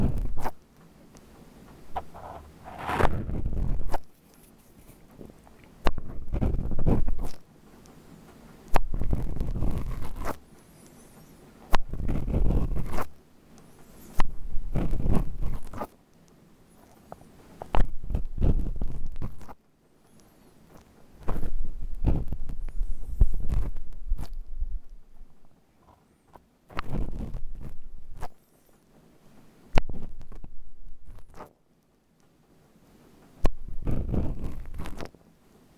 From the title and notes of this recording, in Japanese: 耳かき 雨の夜にゆっくり…眠くなる ASMR。